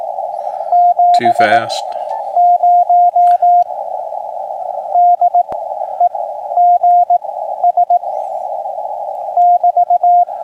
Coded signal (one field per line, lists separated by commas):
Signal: Morse code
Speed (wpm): 18 wpm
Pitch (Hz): 710 Hz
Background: speech, radio noise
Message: 70 DEGS <BT>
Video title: Saturday Morning Radio 6-13-2026